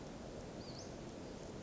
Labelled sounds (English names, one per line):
Western Flycatcher